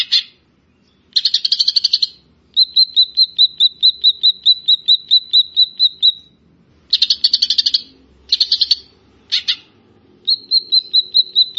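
Grey-cheeked bulbul alternating harsh buzzy bursts with long runs of evenly spaced short high whistled notes, several bouts throughout, against a quiet background.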